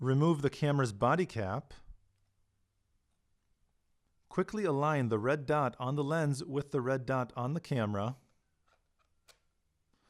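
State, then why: Not seated. An interchangeable lens is held against the body mount of a Panasonic GF1 camera, its red dot quickly lined up with the body's red dot before the clockwise twist-lock, done fast to keep dust off the lens's rear element and the sensor. Someone talks from about 0 to 2 seconds and again from about 4.3 to 8.2 seconds, with near silence between and after except for a faint tick. The lens has not yet seated or clicked into place.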